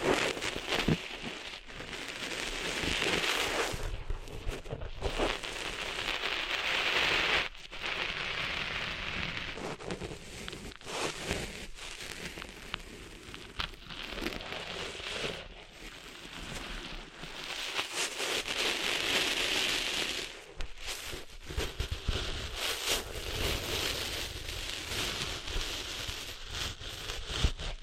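Sand is cleaned out of ears with a dense, crackling, scratchy rustle that sounds like rain pattering on a surface. The bright gritty hiss runs almost continuously, with brief lulls around 5, 15 and 20 seconds and occasional soft low thumps.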